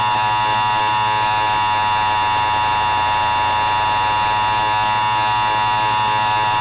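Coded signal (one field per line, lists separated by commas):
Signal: Emergency Alert System (SAME) tones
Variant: 853 and 960 Hz attention tone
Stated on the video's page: Simulated World War III alert scenario, remastered.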